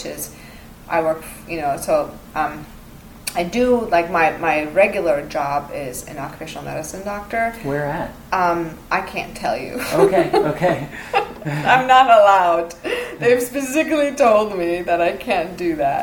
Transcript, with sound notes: Which is, I work--so I do--my regular job is an occupational medicine doctor.
Where at?
I can't tell you. [laughter] I'm not allowed! They've specifically told me that I can't do that.